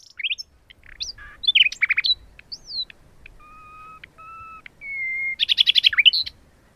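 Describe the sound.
Common nightingale song: varied rapid phrases of chirps and sweeps, a few steady whistled notes, then a fast rattling trill of repeated notes.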